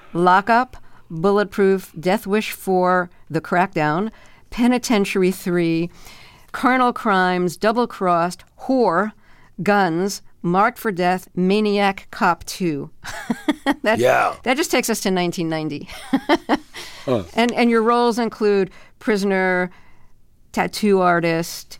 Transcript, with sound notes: "Lock Up," "Bulletproof," "Death Wish 4: The Crackdown," "Penitentiary III," "Carnal Crimes," "Doublecrossed," "Whore," "Guns," "Marked For Death," "Maniac Cop 2" (laughter). That...
Yeah.
...That just takes us to 1990 (laughter). And your roles include - Prisoner Tattoo Artist